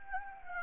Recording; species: mosquito wingbeat signal from an infrared sensor; Anopheles gambiae